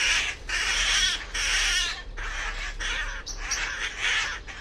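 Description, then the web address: Bird calls as drawn-out raspy squawks given in irregular succession. "cianscape birddata Deverinetal"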